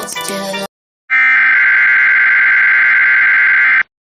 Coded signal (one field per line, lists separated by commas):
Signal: Emergency Alert System (SAME) tones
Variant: header bursts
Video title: EAS Catch 21: Tornado Watch Jackson; Liberty; Jefferson; Calhoun; Madison; Franklin FL